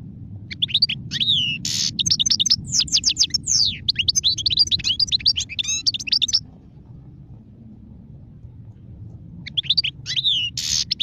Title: اجمل غناءالحسون الخلويchant chardonneret sauvage